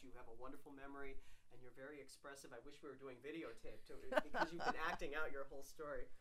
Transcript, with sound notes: You have a wonderful memory, and you're very expressive. I wish we were doing videotape, too, (she laughs) because you've been acting out your whole story.